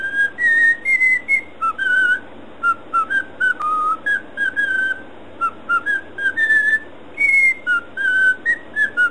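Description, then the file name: Cockatiel whistling a lively tune of short clear notes in quick succession, rising and falling in pitch. "siulan cockatiel"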